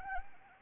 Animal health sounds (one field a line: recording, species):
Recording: mosquito wingbeat signal from an infrared sensor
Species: Anopheles arabiensis